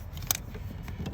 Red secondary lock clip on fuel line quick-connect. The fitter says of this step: pop it all the way in, feel it click. Red clip down